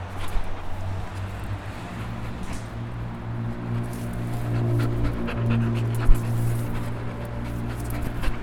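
Dog breathing: soft, steady panting under a constant low hum, with a single short click near the end.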